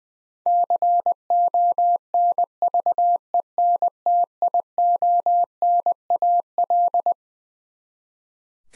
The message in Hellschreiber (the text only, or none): none